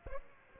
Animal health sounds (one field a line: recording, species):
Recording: mosquito wingbeat signal from an infrared sensor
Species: Aedes aegypti